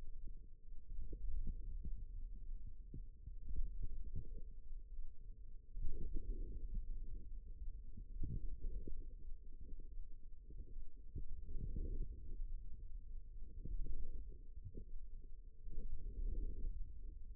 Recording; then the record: forearm muscle sounds (acoustic myography)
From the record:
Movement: ulnar deviation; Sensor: system 2, bracelet of six BSWA MPA416 microphones around the upper forearm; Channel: 4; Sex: female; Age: 22 years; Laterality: right